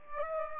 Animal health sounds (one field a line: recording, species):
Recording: mosquito wingbeat signal from an infrared sensor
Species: Aedes aegypti